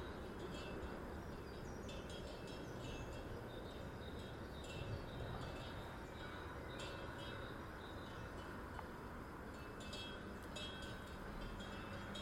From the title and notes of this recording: In Situ Season 1 episodes are 5 minutes of ambient sound recorded along del Norte, the northern coastal route of the Camino de Santiago network of pilgrimage paths converging in Spain. These tiny meditations are made with binaural microphones.